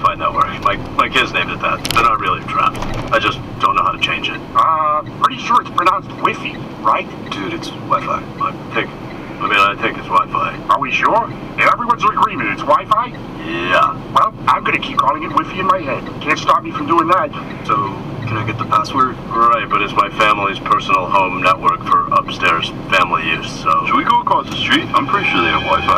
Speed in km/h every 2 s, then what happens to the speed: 24, 28, 8, 3, 1, 1, 0, 0, 0, 0, 1, 1, 12.
2-7 brakes to 1. 7-22 standing. 22-26 pulls away to 12.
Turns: none.